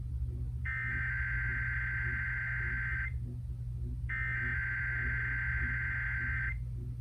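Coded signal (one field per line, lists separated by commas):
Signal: Emergency Alert System (SAME) tones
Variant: header bursts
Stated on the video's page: Required monthly test aired on a radio station.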